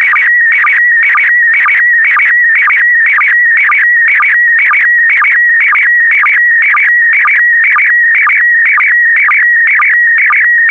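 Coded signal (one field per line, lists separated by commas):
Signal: SSTV (slow-scan television)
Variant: PD120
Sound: steady warbling tone near 1.9 kHz with regular low blips twice a second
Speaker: the next image transmission will start in 10 seconds five four three two one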